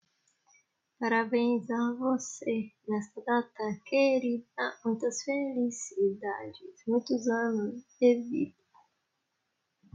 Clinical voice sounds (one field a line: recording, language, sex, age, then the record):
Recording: short text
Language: Brazilian Portuguese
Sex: female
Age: 30 to 39 years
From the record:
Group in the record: control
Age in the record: 39 years